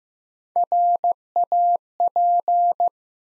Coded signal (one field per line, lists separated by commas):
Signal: Morse code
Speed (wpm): 15 wpm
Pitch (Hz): 700 Hz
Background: none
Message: RAP